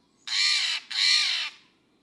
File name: stellers jay